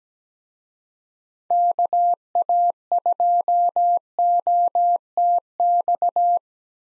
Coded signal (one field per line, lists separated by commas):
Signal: Morse code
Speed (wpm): 17 wpm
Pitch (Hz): 700 Hz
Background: none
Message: KA2OTX